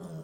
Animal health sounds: pig call; piglet (1 to 25 days)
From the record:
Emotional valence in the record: negative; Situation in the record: long isolation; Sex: male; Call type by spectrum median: low-frequency call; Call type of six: low-frequency stable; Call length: 0.24 s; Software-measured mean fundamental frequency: 57 Hz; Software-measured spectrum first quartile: 166 Hz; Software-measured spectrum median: 281 Hz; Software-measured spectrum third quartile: 720 Hz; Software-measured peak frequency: 172 Hz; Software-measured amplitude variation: 114 dB a second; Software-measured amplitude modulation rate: 12.5 a second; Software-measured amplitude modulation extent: 9.2 dB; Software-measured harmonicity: 5.3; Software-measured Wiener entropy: -0.33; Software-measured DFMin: 1320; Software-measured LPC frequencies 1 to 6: 1279, 3305, 5155, 5982, 6717, 7376 Hz

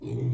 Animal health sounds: pig call; weaner (32 to 43 days)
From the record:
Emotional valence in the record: negative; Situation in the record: novel object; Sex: female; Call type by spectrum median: low-frequency call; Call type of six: low-frequency stable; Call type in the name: low-frequency stable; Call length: 0.34 s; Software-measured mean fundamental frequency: 61 Hz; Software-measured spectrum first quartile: 123 Hz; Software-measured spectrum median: 168 Hz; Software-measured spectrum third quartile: 353 Hz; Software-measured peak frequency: 130 Hz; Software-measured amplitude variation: 101 dB a second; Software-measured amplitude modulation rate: 26.2 a second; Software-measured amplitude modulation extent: 3.9 dB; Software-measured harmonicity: 5.2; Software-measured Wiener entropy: -0.53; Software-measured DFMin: 1227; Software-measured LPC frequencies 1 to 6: 2285, 3554, 6005, 7399, 8386, 9337 Hz

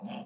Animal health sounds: pig call; piglet (1 to 25 days)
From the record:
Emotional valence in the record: negative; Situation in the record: long isolation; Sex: male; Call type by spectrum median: low-frequency call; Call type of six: low-frequency stable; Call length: 0.26 s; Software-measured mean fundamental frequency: 69 Hz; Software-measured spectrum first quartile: 210 Hz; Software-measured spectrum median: 451 Hz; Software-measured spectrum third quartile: 1088 Hz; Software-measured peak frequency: 214 Hz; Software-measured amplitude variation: 172 dB a second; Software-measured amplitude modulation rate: 17.2 a second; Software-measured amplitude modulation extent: 10.0 dB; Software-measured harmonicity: 5.2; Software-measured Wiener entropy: -0.94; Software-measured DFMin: 790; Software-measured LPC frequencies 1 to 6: 729, 2640, 3163, 4960, 6963, 7642 Hz

